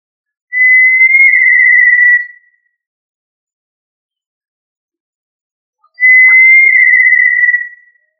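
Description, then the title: Tinamou whistles: two long, pure, steady notes, each lasting under two seconds, rising slightly then sagging, separated by a long silent pause. "Familia Tinamidae - Quail - Puyuh"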